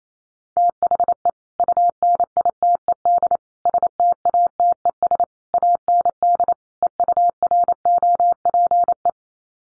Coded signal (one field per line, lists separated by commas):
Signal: Morse code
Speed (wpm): 28 wpm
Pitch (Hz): 700 Hz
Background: none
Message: THE UNITED STATES AND EUROPE